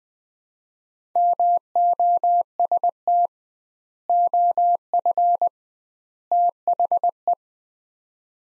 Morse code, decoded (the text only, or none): MOST OF THE